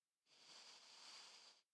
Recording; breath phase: one breath near a microphone; inhalation